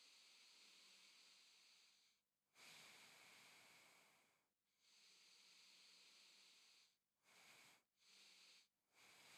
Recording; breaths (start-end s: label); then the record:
nose breathing near a microphone
0.00-2.28 s: inhalation
2.28-4.63 s: exhalation
4.63-7.03 s: inhalation
7.03-7.83 s: exhalation
7.83-8.83 s: inhalation
8.83-9.38 s: exhalation
From the record:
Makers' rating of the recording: medium